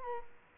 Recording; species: mosquito wingbeat signal from an infrared sensor; Culex quinquefasciatus